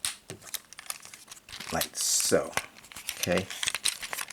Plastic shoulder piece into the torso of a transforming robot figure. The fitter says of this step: and apparently it's not clicking in but yeah that's that so